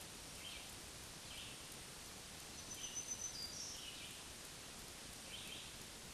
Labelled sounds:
Black-throated Green Warbler (Setophaga virens) song
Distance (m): 30 m
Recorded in a Pennsylvania forest on 1 June 2023 at 07:43
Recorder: AudioMoth, point grid3_13_high
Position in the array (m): 163 m, 137 m

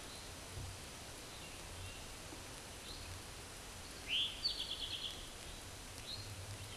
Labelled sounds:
Eastern Towhee (Pipilo erythrophthalmus) song
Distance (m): 35 m
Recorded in a Pennsylvania forest on 17 May 2023 at 12:52
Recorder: AudioMoth, point grid1_31_low
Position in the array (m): 112 m, 102 m

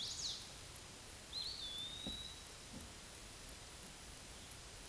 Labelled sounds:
Eastern Wood-Pewee (Contopus virens) song
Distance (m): 35 m
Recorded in a Pennsylvania forest on 18 May 2023 at 13:30
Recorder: AudioMoth, point grid1_36_low
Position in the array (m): 123 m, 203 m

